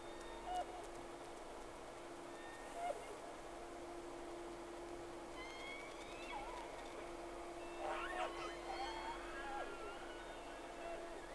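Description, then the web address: Whale tonal calls, faint upswept and wavering whistles, mostly in the second half, over a steady low hum and background noise. Two whales, recorded 3 October 2006, first round of recording. "Sea Snake 10-3-06 Whales X 2"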